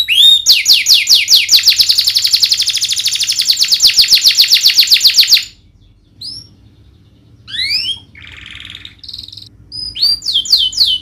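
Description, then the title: Domestic canary song opening with a long rapid rolling trill for about five seconds, then a pause and scattered short chirps and buzzy notes before trilling resumes. Singing canary described as a lively, prolific singer with the best varied song style and rich fill-in phrases. "Kenari Gacor Cengkok Terbaik Isian Paling Mewah Kenarigacor Kicaumania Kenari"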